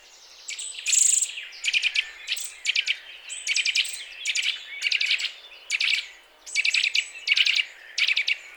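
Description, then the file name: Eurasian nuthatch repeating emphatic, ringing call notes in short tight groups in quick succession. "Sitta europaea"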